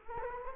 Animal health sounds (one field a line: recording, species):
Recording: mosquito wingbeat signal from an infrared sensor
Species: Culex quinquefasciatus